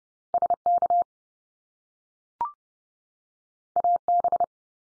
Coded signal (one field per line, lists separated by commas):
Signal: Morse code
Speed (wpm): 30 wpm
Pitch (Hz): 700 Hz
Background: none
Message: SK AB